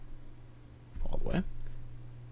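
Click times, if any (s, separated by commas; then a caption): none. The plastic lid of a Fujitsu ScanSnap S300 portable document scanner is pushed down all the way over the scanner body, since shutting the lid turns the unit off. Over a steady low hum, someone talks while a few soft handling taps sound. The clip ends before the lid snaps shut, so nothing has seated or clicked yet.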